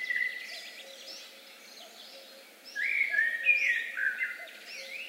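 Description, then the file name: Common blackbird song: a faint phrase at the start, then from midway a louder warbled phrase with squeaky high notes, with soft repeated low notes in the background. "Turdus merula"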